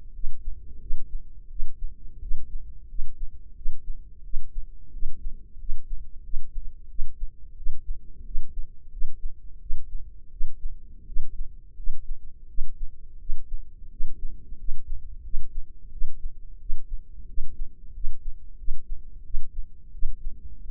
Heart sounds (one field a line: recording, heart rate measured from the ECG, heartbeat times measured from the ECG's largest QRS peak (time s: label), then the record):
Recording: heart sounds by microphone in the left ear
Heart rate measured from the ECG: 88 bpm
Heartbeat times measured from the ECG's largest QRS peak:
0.12 s: heartbeat
0.79 s: heartbeat
1.48 s: heartbeat
2.20 s: heartbeat
2.87 s: heartbeat
3.54 s: heartbeat
4.22 s: heartbeat
4.91 s: heartbeat
5.57 s: heartbeat
6.22 s: heartbeat
6.88 s: heartbeat
7.55 s: heartbeat
8.24 s: heartbeat
8.90 s: heartbeat
9.59 s: heartbeat
10.30 s: heartbeat
11.05 s: heartbeat
11.75 s: heartbeat
12.47 s: heartbeat
13.18 s: heartbeat
13.89 s: heartbeat
14.57 s: heartbeat
15.22 s: heartbeat
15.90 s: heartbeat
16.58 s: heartbeat
17.26 s: heartbeat
17.93 s: heartbeat
18.57 s: heartbeat
19.23 s: heartbeat
19.91 s: heartbeat
20.59 s: heartbeat
From the record:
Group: healthy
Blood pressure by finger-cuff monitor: 102/58 mmHg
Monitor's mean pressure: 71 mmHg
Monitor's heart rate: 88 bpm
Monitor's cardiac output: 7.6 L/min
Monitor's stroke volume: 86 mL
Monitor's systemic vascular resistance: 660 dyn s/cm5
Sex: female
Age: 22 years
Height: 157 cm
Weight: 47.6 kg